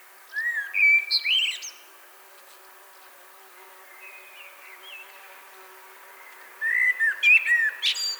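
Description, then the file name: Common blackbird song: low mellow whistled phrases with squeaky high flourishes, a quiet gap with soft notes, then another phrase. "Turdus merula"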